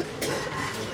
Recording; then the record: coughing mixed with background sound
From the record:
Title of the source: 55 gaggy wet cough